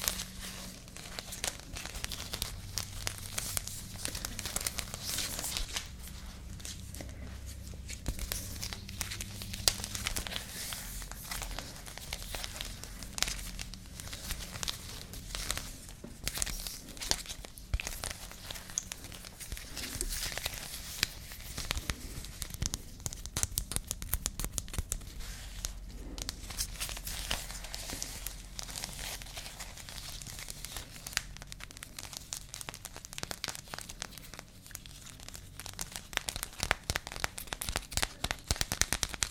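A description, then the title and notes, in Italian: Fingernails scratch and pick at a crocheted bag, a dense, uneven stream of dry crinkling scrapes with a low hum behind. Delle unghie fra una borsa fatta all'uncinetto.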